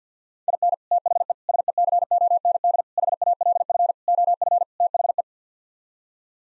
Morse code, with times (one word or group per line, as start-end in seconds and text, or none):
0.5-0.7 IN
0.9-1.3 THE
1.5-2.8 SECOND
3.0-3.9 HALF
4.1-4.6 OF
4.8-5.2 THE